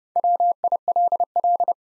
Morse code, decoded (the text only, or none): WILL